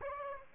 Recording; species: mosquito wingbeat signal from an infrared sensor; Aedes aegypti